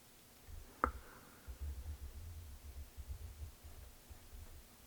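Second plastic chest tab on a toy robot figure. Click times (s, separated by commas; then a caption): 0.8 s. The second plastic chest tab on a toy robot figure is pressed into its slot, giving a single short, weaker click at 0.8 s. Faint low handling noise follows. The tab is tabbed in and seated, though the click is not as crisp.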